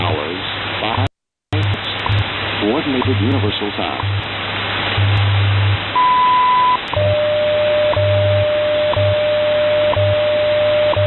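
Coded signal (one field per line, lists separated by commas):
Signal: radio time signal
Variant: WWV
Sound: male voice announcement, low hum, short high beep, then steady tone with second ticks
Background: radio static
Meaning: The short 1000 Hz tone marks the start of a new minute at WWV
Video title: 17 04 2014 WWV Fort Collins, Colorado 1105 on 25 MHz via SDR in MidState, NY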